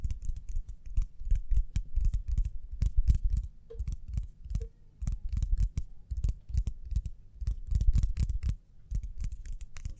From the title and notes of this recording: ASMR Speedy Hand Sounds (No Talking).